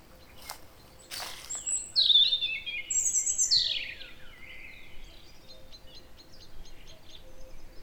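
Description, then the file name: European robin song: two sharp clicks, then high, thin whistled notes sliding downward and a rapid twittering phrase that fades into soft background noise. "Erithacus rubecula"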